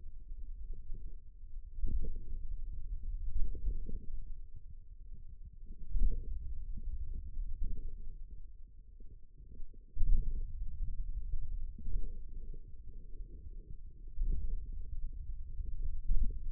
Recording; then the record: forearm muscle sounds (acoustic myography)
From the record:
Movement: pen grasping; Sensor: system 2, bracelet of six BSWA MPA416 microphones around the upper forearm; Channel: 4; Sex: male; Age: 22 years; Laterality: right